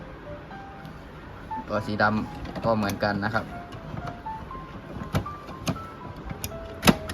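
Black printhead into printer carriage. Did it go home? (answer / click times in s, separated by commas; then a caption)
yes / 6.9 s. A black printhead is pushed into its carriage slot in an HP Smart Tank 580 printer, inserted the same way as the color one. Someone talks, then several short knocks follow, with a sharp click at 6.9 s as the printhead seats into lock.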